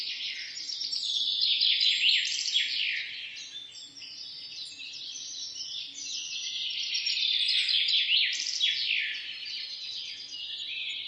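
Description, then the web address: Birds chirp in a steady flock chorus, quick shrill notes overlapping constantly and rising and falling in loudness in two broad waves. "sounds animals birds"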